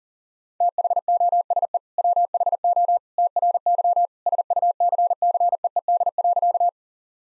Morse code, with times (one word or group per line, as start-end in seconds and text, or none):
0.6-1.8 THOSE
2.0-3.0 WHO
3.2-4.1 TRY
4.3-6.7 SUCCEED.